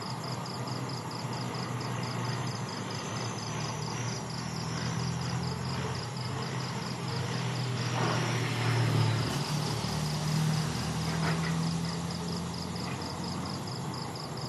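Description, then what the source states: Cricket gives regular high pulses, roughly four a second, partly masked by a passing rumble that rises and fades. Night insects recorded at night in Vietnam, with distant industrial construction and occasional passing vehicles.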